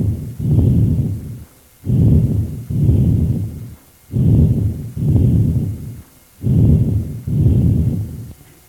Vesicular breath sounds with prolonged expiration as heard in bronchial asthma.